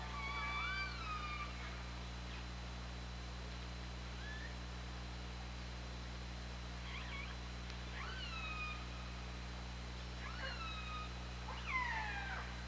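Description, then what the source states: Orca calls underwater, several whistly frequency-sweeping cries with rich overtones, some rising then falling, spread throughout over a steady low electrical hum. Recorded on the OrcaLab hydrophone on 24 August 2017 at 20:25.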